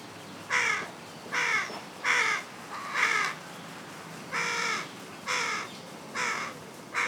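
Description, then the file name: Carrion crow cawing, eight hoarse caws about a second apart, against a quiet background. "Corvus corone"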